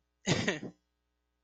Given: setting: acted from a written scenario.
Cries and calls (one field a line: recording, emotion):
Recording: vocal sound without words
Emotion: embarrassment